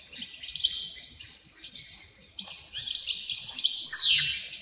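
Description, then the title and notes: Wrens singing high, rapid twittering trills in overlapping bursts, with a louder sweeping descending phrase near the end. Dozens of wrens in the backyard of a home in Dover, southern Tasmania. "Nature Sounds Tasmania - Dover Wrens. The sounds of dozens of wrens in the backyard of a home in Dover, southern Tasmania"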